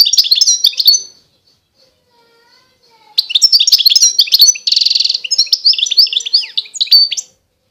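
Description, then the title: European goldfinch song: high tinkling twitter, a pause, then a long lively phrase of chips and trills including a harsh buzzy section midway. Wild bird. "اجمل غناءالحسون الخلويchant chardonneret sauvage"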